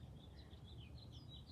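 The number wheel of a combination padlock is handled and turned toward its notch against a steady low background hum with faint high chirping tones and a brief soft tick near 1.0 s. Nothing has clicked into the notch yet.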